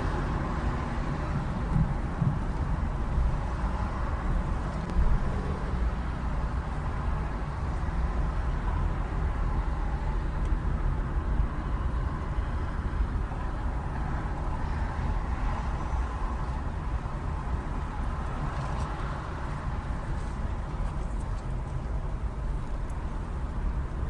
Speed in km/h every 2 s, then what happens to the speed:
19, 15, 15, 18, 21, 23, 21, 18, 16, 13, 11, 18.
4-10 speeds up to 23. 10-19 slows to 11.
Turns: 0-4, 14-19.